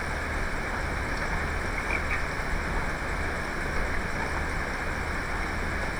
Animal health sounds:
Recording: poultry house recording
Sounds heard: healthy chickens

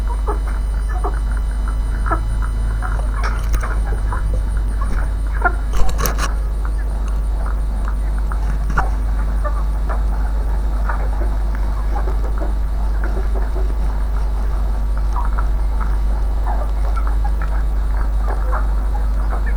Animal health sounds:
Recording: poultry house recording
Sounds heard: sick chickens (respiratory disease)

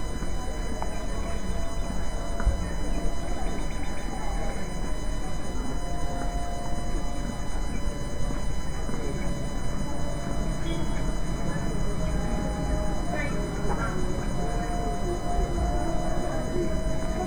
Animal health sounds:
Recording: poultry house recording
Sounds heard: healthy chickens

